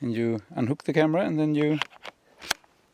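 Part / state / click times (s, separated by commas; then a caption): camera mounting plate into strap-mounted camera clip / seated / 2.5 s. A camera's quick-release plate is slid back into a camera clip mounted on a backpack strap while someone talks. After the talking stops, a faint tick sounds at 2.1 s, then the plate clicks into place with a sharp click at 2.5 s and a soft tick follows at 2.6 s. The plate is seated securely in the clip.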